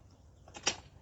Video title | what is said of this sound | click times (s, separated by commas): Too Small Ebike for me but Big Battery! DDC Sport M1 Folding Ebike | Once you straighten up the frame, you're going to hear a bit click as well. | 0.7 s